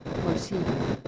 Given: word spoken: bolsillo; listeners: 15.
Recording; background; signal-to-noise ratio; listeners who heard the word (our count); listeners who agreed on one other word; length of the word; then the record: one Spanish word in noise, from a listening test; noise modulated by three-talker babble; -3.8 dB; 2 of 15; 10 of 15; 0.68 s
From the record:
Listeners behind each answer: 10, 2, 1, 1, 1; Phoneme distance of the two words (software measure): 41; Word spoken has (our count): 3 syllables, 7 phonemes, stress on syllable 2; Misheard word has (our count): 4 syllables, 6 phonemes, stress on syllable 3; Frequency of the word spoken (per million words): 25.51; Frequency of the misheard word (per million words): 56.76